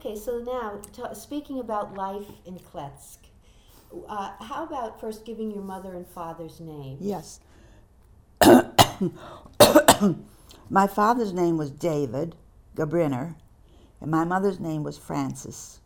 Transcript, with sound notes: So now, speaking about life in Kletsk. How about first giving your mother and father's name?
(coughing) My father's name was David Gabriner, and my mother's name was Frances.